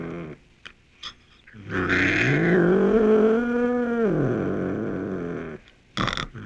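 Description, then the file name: Cougar giving one long harmonic wail of about four seconds that rises, holds steady, then slides down, with a few clicks before and after. "mountain lion"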